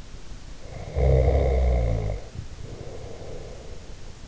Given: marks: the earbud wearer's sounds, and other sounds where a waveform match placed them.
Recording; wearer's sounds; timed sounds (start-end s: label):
sounds in sleep by an in-ear microphone; snoring breath
0.52-4.04 s: snoring breath